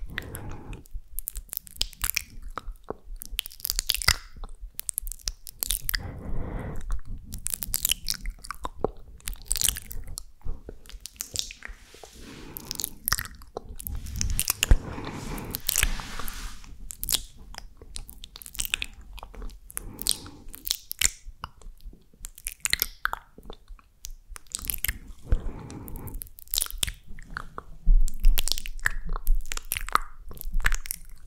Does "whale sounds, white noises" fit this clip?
no